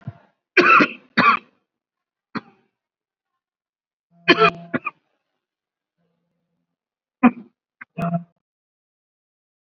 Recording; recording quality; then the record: heavy voluntary cough; excellent, no background noise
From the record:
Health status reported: COVID-19 positive, mild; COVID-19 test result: positive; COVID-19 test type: RT-PCR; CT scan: not taken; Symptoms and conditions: cough, cold, breathing difficulty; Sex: male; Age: 25 years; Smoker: no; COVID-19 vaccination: none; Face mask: not worn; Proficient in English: yes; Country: India